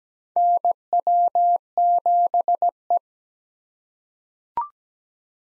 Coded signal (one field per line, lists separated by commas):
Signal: Morse code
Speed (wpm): 17 wpm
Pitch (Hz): 700 Hz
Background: none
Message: NW7E